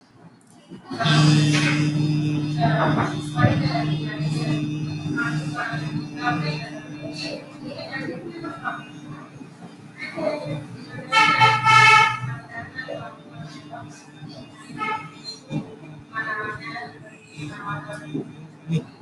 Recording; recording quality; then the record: sustained vowel as in beet; moderate, slight background noise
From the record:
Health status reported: healthy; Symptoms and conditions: none ticked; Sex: male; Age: 32 years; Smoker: not ticked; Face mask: not worn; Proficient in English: yes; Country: India